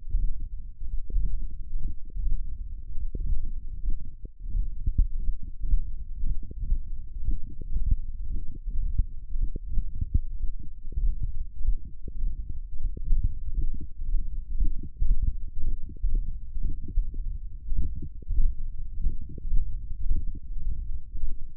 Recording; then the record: forearm muscle sounds (acoustic myography)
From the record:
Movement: index flexion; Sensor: system 1, eight BSWA MPA416 microphones around the upper forearm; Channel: 8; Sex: male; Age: 42 years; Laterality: right